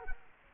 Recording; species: mosquito wingbeat signal from an infrared sensor; Culex quinquefasciatus